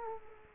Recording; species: mosquito wingbeat signal from an infrared sensor; Culex quinquefasciatus